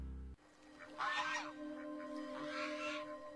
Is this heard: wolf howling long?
no